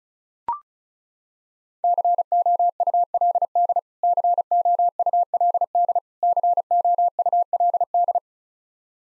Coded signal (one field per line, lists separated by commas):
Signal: Morse code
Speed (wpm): 34 wpm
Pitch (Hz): 700 Hz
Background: none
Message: COULD COULD COULD